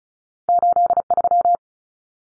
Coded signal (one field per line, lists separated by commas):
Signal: Morse code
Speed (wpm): 34 wpm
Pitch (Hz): 700 Hz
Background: none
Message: 83